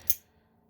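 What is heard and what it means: The button on a small California-legal Pro Tech 2905 Sprint automatic (switchblade) knife is pressed, and the spring fires the steel blade open. It locks in its handle with one loud, sharp click at 0.1 s, followed by quiet. The blade is open and locked.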